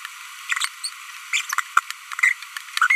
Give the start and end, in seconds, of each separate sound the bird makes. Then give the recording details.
0.84-0.87, 1.33-1.41, 2.19-2.33. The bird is a female. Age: 25 days. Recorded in a nest box in Venezuela. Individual 17B42B1